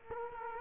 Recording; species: mosquito wingbeat signal from an infrared sensor; Culex quinquefasciatus